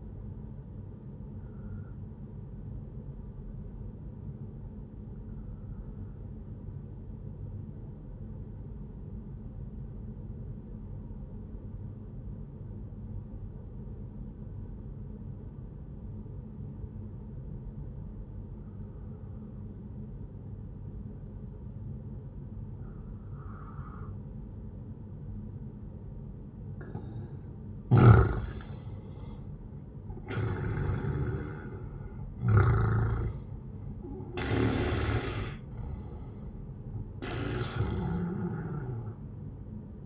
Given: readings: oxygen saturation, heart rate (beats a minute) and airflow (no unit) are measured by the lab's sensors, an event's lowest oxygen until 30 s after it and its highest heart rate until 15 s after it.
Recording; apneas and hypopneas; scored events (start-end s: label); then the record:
breathing in sleep by a smartphone at the bedside; 1
4.00-31.30 s: obstructive apnea (N1, oxygen 96% highest, then 90% lowest, heart rate 71 at the start, 79 highest)
15.00-40.06 s: new sleep stage, N2 (light sleep)
From the record:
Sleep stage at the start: N1 (lightest sleep); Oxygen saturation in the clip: 93 to 97%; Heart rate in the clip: 67 to 79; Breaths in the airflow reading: 3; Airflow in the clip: -11.5 to 14.2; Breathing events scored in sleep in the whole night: 131 in 7.2 hours asleep